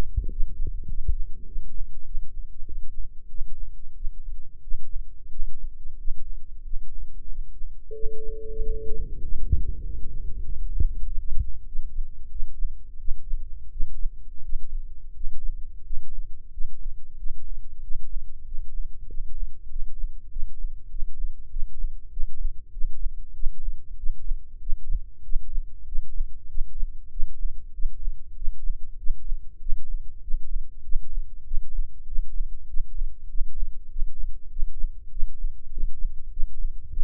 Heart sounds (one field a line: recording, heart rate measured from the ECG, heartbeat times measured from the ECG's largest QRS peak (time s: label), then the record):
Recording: heart sounds by microphone in the right ear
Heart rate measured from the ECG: 95 bpm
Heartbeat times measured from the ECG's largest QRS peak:
0.27 s: heartbeat
0.86 s: heartbeat
1.44 s: heartbeat
2.03 s: heartbeat
2.63 s: heartbeat
3.27 s: heartbeat
3.92 s: heartbeat
4.59 s: heartbeat
5.27 s: heartbeat
5.95 s: heartbeat
6.61 s: heartbeat
7.26 s: heartbeat
7.91 s: heartbeat
8.56 s: heartbeat
9.19 s: heartbeat
9.81 s: heartbeat
10.42 s: heartbeat
11.03 s: heartbeat
11.64 s: heartbeat
12.28 s: heartbeat
12.97 s: heartbeat
13.69 s: heartbeat
14.41 s: heartbeat
15.12 s: heartbeat
15.81 s: heartbeat
16.49 s: heartbeat
17.15 s: heartbeat
17.79 s: heartbeat
18.43 s: heartbeat
19.05 s: heartbeat
19.67 s: heartbeat
20.27 s: heartbeat
20.87 s: heartbeat
21.48 s: heartbeat
22.08 s: heartbeat
22.69 s: heartbeat
23.32 s: heartbeat
23.95 s: heartbeat
24.58 s: heartbeat
25.21 s: heartbeat
25.84 s: heartbeat
26.46 s: heartbeat
27.08 s: heartbeat
27.71 s: heartbeat
28.33 s: heartbeat
28.96 s: heartbeat
29.58 s: heartbeat
30.19 s: heartbeat
30.81 s: heartbeat
31.42 s: heartbeat
32.04 s: heartbeat
32.65 s: heartbeat
33.26 s: heartbeat
33.87 s: heartbeat
34.48 s: heartbeat
35.08 s: heartbeat
35.68 s: heartbeat
36.28 s: heartbeat
36.88 s: heartbeat
From the record:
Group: healthy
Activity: rest 0-9 s, breath hold 9-37 s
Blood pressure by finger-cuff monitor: 100/70 mmHg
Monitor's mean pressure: 80 mmHg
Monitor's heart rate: 96 bpm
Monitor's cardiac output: 7.4 L/min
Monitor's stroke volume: 77 mL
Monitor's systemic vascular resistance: 790 dyn s/cm5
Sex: male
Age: 19 years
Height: 178 cm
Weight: 83 kg